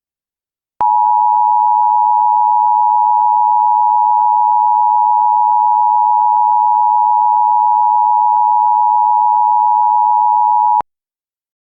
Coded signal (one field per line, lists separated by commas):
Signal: Emergency Alert System (SAME) tones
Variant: 853 and 960 Hz attention tone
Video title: Lunar Disruption | EAS Scenario #6